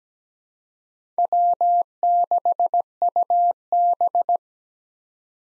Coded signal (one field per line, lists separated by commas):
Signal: Morse code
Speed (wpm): 17 wpm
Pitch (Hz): 700 Hz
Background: none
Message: W6UB